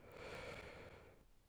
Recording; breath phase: one breath near a microphone; inhalation